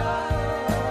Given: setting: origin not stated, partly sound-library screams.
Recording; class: one-second piece from a danger detection set; normal situation